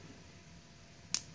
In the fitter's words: that'd be the choke position right there, and I had to really pull up on that thing to get it to click in place.